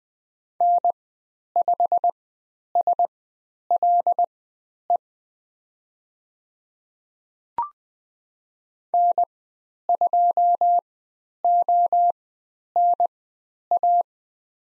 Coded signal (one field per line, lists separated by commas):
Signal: Morse code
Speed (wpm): 20 wpm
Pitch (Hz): 700 Hz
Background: none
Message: N5SLE N2ONA